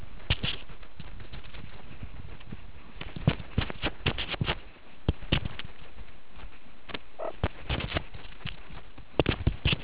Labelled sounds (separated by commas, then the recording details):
meerkat close call
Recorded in the Kuruman River Reserve, South Africa
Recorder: an audio tag on a meerkat's collar